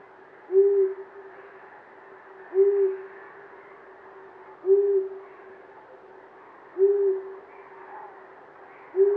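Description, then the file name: Long-eared owl uttering a series of five even, low 'hoo' notes at regular two-second intervals against a soft hiss. "Uszatka"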